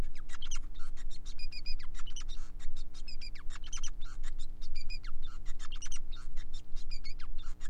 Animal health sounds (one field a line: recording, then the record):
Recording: song of a male Bengalese finch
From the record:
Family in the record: son of father 5